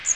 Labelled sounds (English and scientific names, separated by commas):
Magnolia Warbler (Setophaga magnolia) flight call